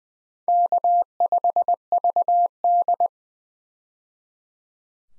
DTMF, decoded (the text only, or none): none